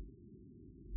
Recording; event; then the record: neck accelerometer signal played as sound; no cough (speech, laughter, throat clearing or background)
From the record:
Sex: female